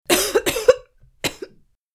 A woman cough sound effect.